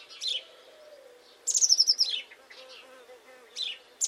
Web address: cianscape birddata Deverinetal 2025 File origin Bird Only Cy Ca